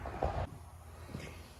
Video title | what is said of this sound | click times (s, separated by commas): 2015-2022 Canyon/Colorado oil change 3.6L | snapped right out of there | 0.2 s